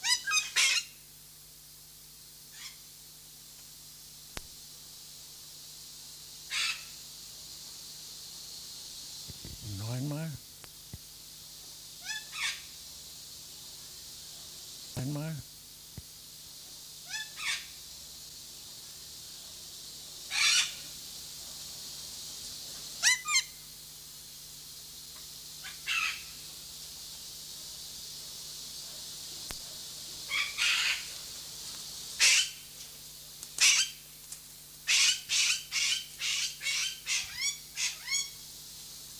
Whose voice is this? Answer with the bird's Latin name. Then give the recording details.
Coracopsis vasa. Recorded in captivity. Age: adult. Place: Zoo Berlin, Berlin, DE. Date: 2003-09-16 17:10. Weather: heiter, 25°C. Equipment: Fair Mate ST-1328 (Asahi Electronics, Japan), Sennheiser ME 80, Kopie Uher 4000 Report Monitor. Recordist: Tembrock, Günter